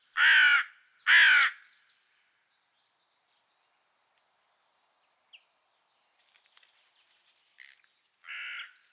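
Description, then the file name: Carrion crow giving two loud harsh caws close together, then quiet with faint clicks and a softer caw at the end. "Corvus corone"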